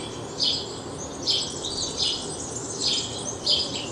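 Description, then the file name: House sparrow chirping, five bright, high chirps spaced irregularly, roughly one every second, over a soft steady background hiss. "Passer domesticus"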